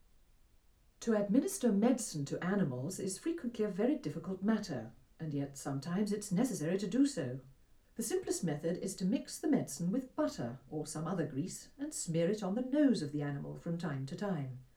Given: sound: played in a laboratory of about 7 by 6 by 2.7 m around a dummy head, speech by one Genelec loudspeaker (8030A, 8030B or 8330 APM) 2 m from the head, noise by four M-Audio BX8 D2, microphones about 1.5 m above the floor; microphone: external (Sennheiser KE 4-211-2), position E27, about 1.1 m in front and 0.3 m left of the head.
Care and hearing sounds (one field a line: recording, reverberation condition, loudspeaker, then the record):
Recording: female speech in English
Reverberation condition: low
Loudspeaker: 90 degrees to the right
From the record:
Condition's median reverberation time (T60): about 310 ms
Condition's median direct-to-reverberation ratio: about 3.5 dB